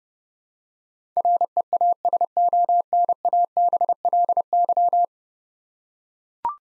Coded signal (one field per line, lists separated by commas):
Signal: Morse code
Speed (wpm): 31 wpm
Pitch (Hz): 700 Hz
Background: none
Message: REASONABLY